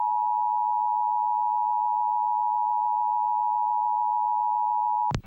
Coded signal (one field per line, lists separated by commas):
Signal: Emergency Alert System (SAME) tones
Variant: 853 and 960 Hz attention tone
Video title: EAS Ongoing To Final Moments Of Alert